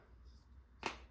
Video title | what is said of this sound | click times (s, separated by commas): FULL FACE OF ROSE INC. - Rose Inc Review | Oh, there we go, the click, and then it just | 0.9 s